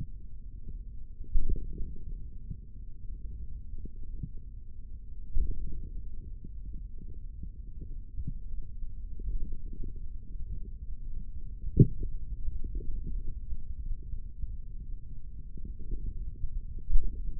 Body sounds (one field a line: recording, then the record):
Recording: forearm muscle sounds (acoustic myography)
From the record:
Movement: finger pinch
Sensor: system 3, bracelet of six PUI Audio POM-2738L microphones around the upper forearm, with dedicated amplification and filtering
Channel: 1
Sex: male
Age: 25 years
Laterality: right